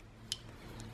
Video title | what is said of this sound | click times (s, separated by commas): Top 5 Leatherman Multi-Tools | the tools lock into place with that little lock and you depress it to | 0.3 s